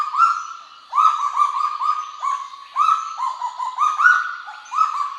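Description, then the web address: Kagu calls: repeated ringing notes that rise quickly then flatten, coming in rapid clusters and overlapping at times, with brief gaps between bouts. "sound Kagu. صدای-پرنده-کاگو"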